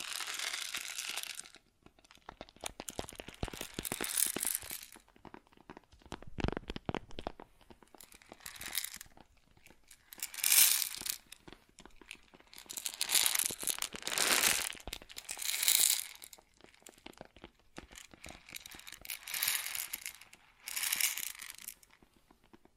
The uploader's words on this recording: ASMR Grain Sounds (No Talking).